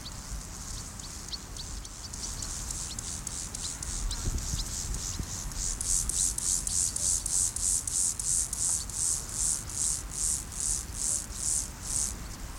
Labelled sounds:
Meadow Grasshopper (Chorthippus parallelus) stridulation
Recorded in the wild
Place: Blankenfelde, Tegeler Fließ, Berlin, DE
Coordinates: 52.625, 13.404
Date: 1992-08-16 11:20
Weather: sonnig - wolkig, 17-22°C
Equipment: Marantz CP 430, Sennheiser ME 80, Kopie Tesla B 116
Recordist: Tembrock, Günter

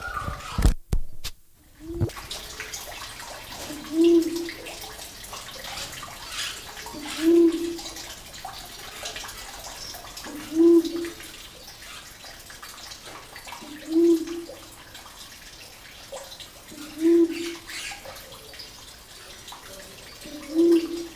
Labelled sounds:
Sulawesi Ground Dove (Gallicolumba tristigmata) call
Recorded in captivity
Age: adult
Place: Zoo Berlin, Berlin, DE
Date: 2000-09-07 17:24
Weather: fair, 16°C
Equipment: Nagra SN, Kopie Uher 4000 Report Monitor
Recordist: Tembrock, Günter
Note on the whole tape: Lautfolgen (Entfernung ca. 50 cm). Plätschern - Wasserfall

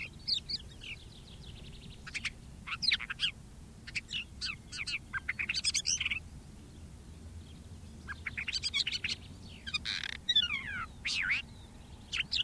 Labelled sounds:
Crested Lark (Galerida cristata) song
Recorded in the wild
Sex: male
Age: adult
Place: Erlangen, Bayern, DE
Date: 1964-06-07
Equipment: Vollspur, Original
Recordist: Tretzel, Erwin

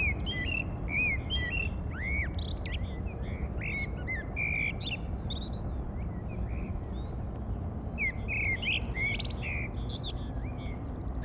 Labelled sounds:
Common Blackbird (Turdus merula) song
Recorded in the wild
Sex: male
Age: adult
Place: Hafling, Bozen, IT
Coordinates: 46.6569, 11.1383
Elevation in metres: 400
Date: 1981-03-27
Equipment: Uher 4000 Report, Sennheiser MKH 815 T
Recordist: Tretzel, Erwin

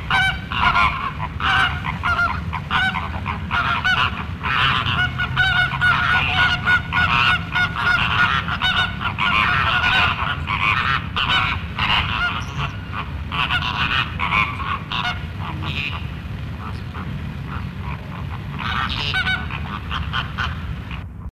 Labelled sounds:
Chilean Flamingo (Phoenicopterus chilensis) call, Greater Flamingo (Phoenicopterus roseus)
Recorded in captivity
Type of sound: call
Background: Phoenicopterus roseus
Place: Zoo Hannover, Niedersachsen, DE
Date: 1963-12-01
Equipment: Halbspur, 9,5 cm/s
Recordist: Lütgens, Hans
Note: Meistens überdeckt vom Konzert des Rosaflamingo

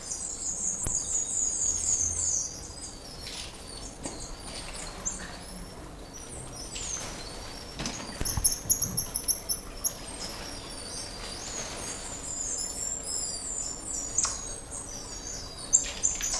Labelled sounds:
Brown-mantled Tamarin (Saguinus fuscicollis)
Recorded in captivity
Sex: group
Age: adult
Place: Zoo Halle, Sachsen-Anhalt, DE
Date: 2001-04-09 15:51
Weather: heiter, ca. 15°C
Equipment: Nagra SN, Kopie Uher 4000 Report Monitor
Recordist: Tembrock, Günter

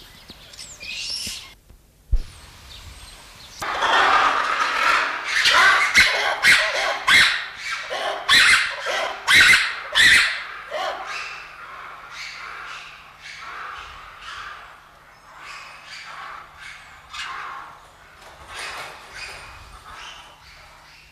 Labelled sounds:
Black-and-white Ruffed Lemur (Varecia variegata)
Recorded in captivity
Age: adult
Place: Zoo Berlin, Berlin, DE
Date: 1994-01-15
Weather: wechselnd wolkig, +5 °C
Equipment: Marantz CP 430, Sennheiser MKH 416 T, Kopie Uher Variocord 263
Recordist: Tembrock, Günter
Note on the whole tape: Rufe (ein Tier draußen, andere drinnen)

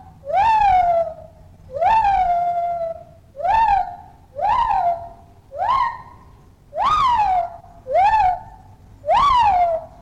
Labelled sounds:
Lar Gibbon (Hylobates lar)
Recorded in captivity
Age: adult
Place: Zoo Köln, Nordrhein-Westfalen, DE
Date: 1960-06-10 12:00
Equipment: Vollspur, Reporter
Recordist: Tembrock, Günter
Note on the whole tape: Weißhandgibbon, Rufe und Ruffolgen, hangelt dabei im Außengehege hin und her, hängt teilweise im Gitter

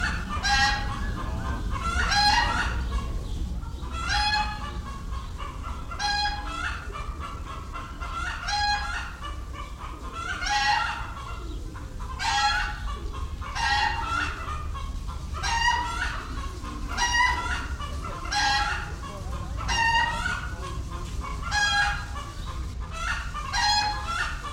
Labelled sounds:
Red Junglefowl (Gallus gallus) call
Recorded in captivity
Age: adult
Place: Zoo Berlin, Berlin, DE
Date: 1994-07-16
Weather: sonnig, 22-26°C
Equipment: Marantz CP 430, Sennheiser ME 80, Kopie Uher Variocord 263
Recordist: Tembrock, Günter

